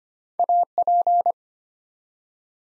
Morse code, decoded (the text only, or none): AP